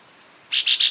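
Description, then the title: Chestnut-bellied euphonia, a run of high, bright notes beginning halfway through and continuing to the end, repeated at a steady quick pace. "LuckyPassaro Completos2Sama. Chestnut-bellied Euphonia (Euphonia pectoralis)"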